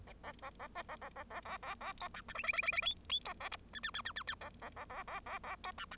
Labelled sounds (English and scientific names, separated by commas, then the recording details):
Bengalese Finch (Lonchura striata domestica) song
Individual Bird0